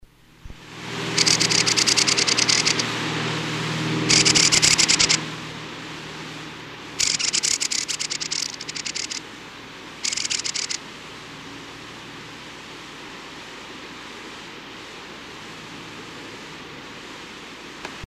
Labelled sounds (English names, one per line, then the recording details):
Fieldfare call
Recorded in the wild
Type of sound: call
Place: Oberstdorf, Bayern, DE
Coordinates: 47.4244, 10.2572
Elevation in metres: 880
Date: 1976-04-04
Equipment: Nagra IV, Sennheiser MKH 405, Parabolreflektor
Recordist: Tretzel, Erwin
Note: Wasachgebiet, Oberstdorf: Ruf "trt"